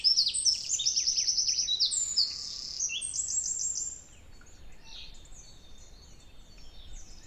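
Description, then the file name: Eurasian wren song, loud rapid trills and piercing high twitters for about four seconds, then quieter scattered high notes. "Troglodytes troglodytes"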